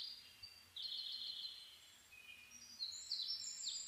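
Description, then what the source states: Bird song: a long, sustained high whistle gives way to a string of quick, high chirps. Dawn chorus (reimei) of birdsong (saezuri), 10 May 2010.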